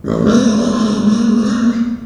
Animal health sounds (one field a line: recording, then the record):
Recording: squeal of a Yucatan mini pig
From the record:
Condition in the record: after surgery on the right vocal fold (resection and tissue-engineered implant)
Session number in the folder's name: 9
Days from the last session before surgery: 65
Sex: female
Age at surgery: 19 weeks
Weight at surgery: 25 kg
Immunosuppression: prednisolone